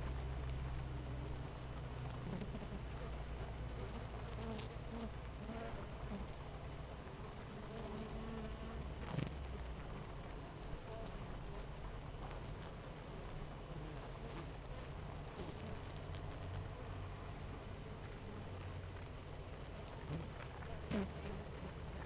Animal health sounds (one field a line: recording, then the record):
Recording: honeybee colony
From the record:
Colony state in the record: missing queen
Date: 14 July 2017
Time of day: 8:33